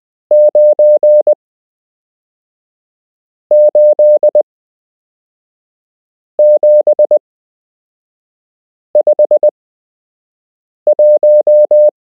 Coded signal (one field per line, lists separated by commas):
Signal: Morse code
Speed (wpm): 20 wpm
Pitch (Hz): 600 Hz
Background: none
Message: 98751